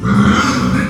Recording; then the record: squeal of a Yucatan mini pig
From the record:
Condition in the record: after surgery on the right vocal fold (resection and tissue-engineered implant); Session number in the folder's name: 13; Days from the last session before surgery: 113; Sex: female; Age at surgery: 19 weeks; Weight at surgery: 25 kg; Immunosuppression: prednisolone